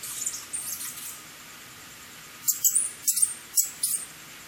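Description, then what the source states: Asian house shrew producing short clusters of thin, very high squeaks, a few soft at first, then sharper bursts near the end, with a low steady hum beneath. Recorded at Oshiro, Itoman, Okinawa, on 7 October 2021.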